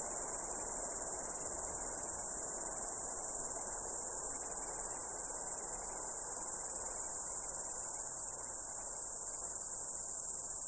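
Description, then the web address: Crickets give a constant high, ringing trill for the whole stretch, even in loudness, with light background hiss below. The recordist's own crickets. "sounds my crikets"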